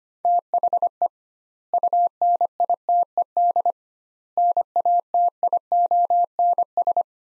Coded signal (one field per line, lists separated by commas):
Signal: Morse code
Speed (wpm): 25 wpm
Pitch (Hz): 700 Hz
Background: none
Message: THE UNITED NATIONS